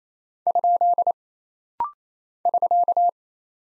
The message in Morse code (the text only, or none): ? <SK>